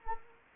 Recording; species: mosquito wingbeat signal from an infrared sensor; Anopheles arabiensis